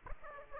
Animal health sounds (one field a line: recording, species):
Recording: mosquito wingbeat signal from an infrared sensor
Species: Aedes aegypti